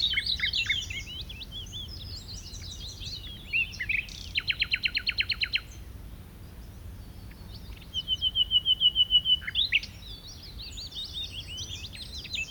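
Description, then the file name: Common nightingale song: varied warbled notes, a fast run of repeated strokes, a long, even run of rapid notes at one pitch, then more rich varied phrases. "Luscinia megarhynchos"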